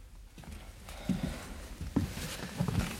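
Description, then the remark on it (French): The hooves of a horse ridden through four feet of snow by Donna to his old friend's house clip-clop in a loose, uneven rhythm, a handful of dull thudding strikes with brief clattery edges over a low, steady background rumble. No one speaks. “Il a bravé la neige à cheval pour venir chez son vieil ami.”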